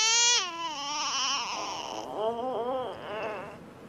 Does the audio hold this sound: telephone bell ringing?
no